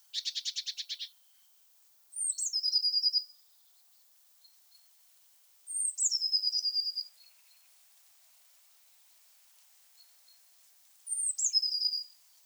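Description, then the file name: Eurasian blue tit calling: an opening buzzy rattle, then three calls, each a sharp high note sliding down into a fast chatter of repeated notes. "Cyanistes caeruleus"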